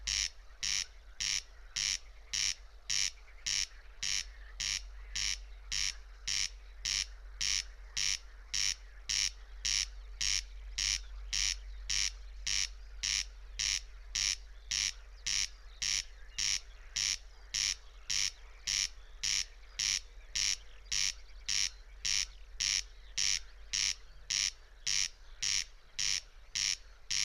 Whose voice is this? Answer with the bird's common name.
Corn Crake